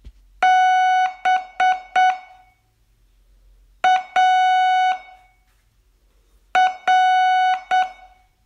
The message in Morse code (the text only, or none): BAR